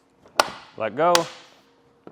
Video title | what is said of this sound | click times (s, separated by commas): etrailer - Rhino-Rack Aero Bar Roof Rack Installation Guide - 2021 Ram 1500 | Give a little shake. And you should hear a snap. | 0.4 s